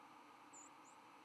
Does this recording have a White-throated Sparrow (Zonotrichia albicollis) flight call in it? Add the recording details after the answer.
yes. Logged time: 07:07 on 11 November 2014